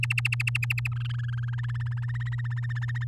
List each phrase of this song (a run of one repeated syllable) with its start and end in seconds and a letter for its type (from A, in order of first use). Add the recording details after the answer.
0.03-0.88 A, 0.92-1.55 B, 1.58-3.04 C. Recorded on 8 May 2018 at 07:38. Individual llb16